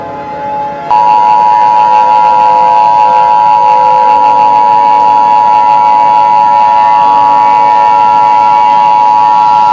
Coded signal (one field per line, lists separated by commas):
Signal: Emergency Alert System (SAME) tones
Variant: 853 and 960 Hz attention tone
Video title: Eas scenario #2 : Country-humans…